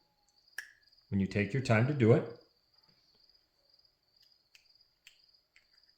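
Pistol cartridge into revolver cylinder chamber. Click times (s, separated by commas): 0.6 s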